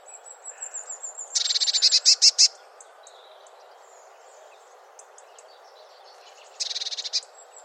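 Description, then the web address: Bird calls: a rapid burst of high, buzzy, stacked notes lasting about a second, a softer similar burst a few seconds later, with thin high chirps between. "Deverinetal 2025. Bird Only"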